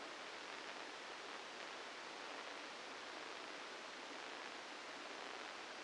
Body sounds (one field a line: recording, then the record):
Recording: brain microelectrode recording played as sound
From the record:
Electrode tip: outside the subthalamic nucleus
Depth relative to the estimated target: 4 mm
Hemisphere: right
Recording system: NeuroSet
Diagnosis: Parkinson's disease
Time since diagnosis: 8 years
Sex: male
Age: 65 years